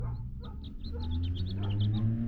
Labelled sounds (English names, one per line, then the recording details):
House Finch song
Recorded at Oceanside on Long Island, New York, on 17 June 1975
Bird A